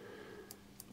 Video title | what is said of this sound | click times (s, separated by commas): Home Security CCTV WIRELESS Euki ZYE3 #cctv #homesecurity #solar | the way in, and just till it clicks, you'll hear it click. So that's all the way in | 0.5 s, 0.8 s